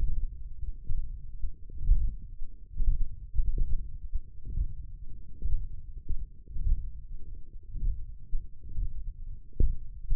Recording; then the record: forearm muscle sounds (acoustic myography)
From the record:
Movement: ulnar deviation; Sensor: system 1, eight BSWA MPA416 microphones around the upper forearm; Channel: 7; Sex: male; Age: 21 years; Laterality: right